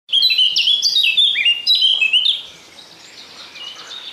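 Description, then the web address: Eurasian blackcap giving a loud, clear warble of slurred whistled notes for about two seconds, followed by quieter soft twittering. "Przyroda Ptaki Kapturka"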